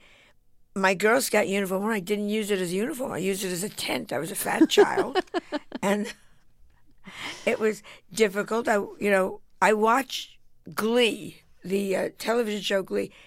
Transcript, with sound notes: I mean, my Girl Scout uniform, I didn't use it as a uniform. I used it as a tent. I was a fat child.
(LAUGHTER)
And it was difficult. You know, I watch "Glee," the television show "Glee."